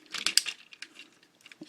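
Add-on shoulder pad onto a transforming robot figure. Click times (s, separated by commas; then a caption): 0.4 s. A plastic shoulder pad from the Fans Project TFX-01 City Commander upgrade set is pushed onto a transforming robot figure. Brief plastic rubbing and handling ticks lead into a sharp snap at 0.4 s as the pad seats, followed by a few fainter clicks and a soft tap near the end. The shoulder pad snaps into place on the toy.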